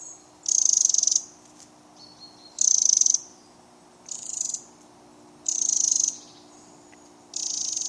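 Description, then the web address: Eurasian wren making grating high rattles of under a second each, repeated roughly every one to two seconds. "SETE Troglodytes troglodytes"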